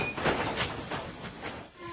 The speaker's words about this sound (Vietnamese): tiếng gầm rung chuyển thị thành, con tàu chuyển mình. Sắt nghiến lên sắt, thép tát vào thép, tiếng giao thoa ngân lên khắp phố phường.